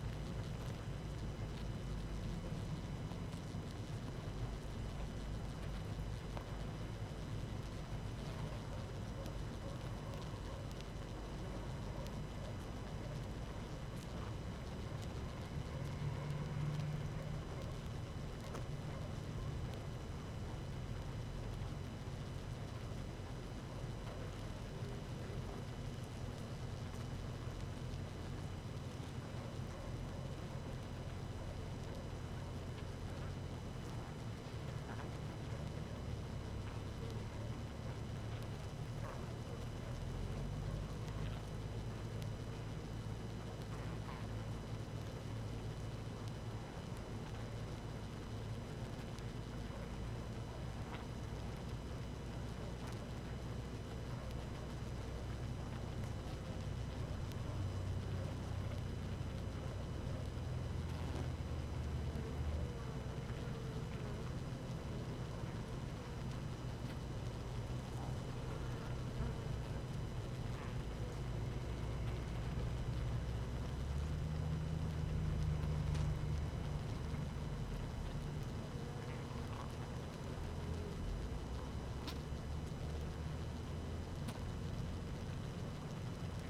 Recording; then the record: honeybee colony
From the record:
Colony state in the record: active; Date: 12 June 2018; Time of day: 18:01